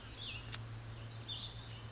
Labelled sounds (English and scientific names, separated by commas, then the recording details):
Cassin's Vireo (Vireo cassinii)
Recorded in Sonoma County, California